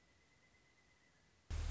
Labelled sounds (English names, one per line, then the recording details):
Pileated Woodpecker
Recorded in Sonoma County, California